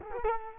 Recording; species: mosquito wingbeat signal from an infrared sensor; Culex quinquefasciatus